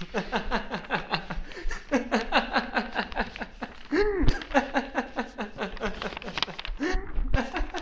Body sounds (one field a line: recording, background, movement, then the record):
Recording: laughter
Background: quiet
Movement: walking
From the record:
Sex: male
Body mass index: 21.0 kg/m2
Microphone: on the chest, facing the body